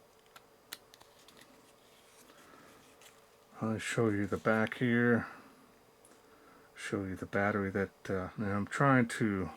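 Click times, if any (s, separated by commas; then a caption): 0.4 s, 0.7 s, 0.9 s, 1.0 s, 1.3 s, 1.4 s. The plastic lamp housing of a Mossy Oak MO25011 camo headlamp is rotated through the tilt detents of its bracket on the headband, giving a quick series of soft clicks at 0.4, 0.7, 0.9, 1.0, 1.3 and 1.4 seconds as it ratchets through its presets and locks into place. Afterward, someone talks.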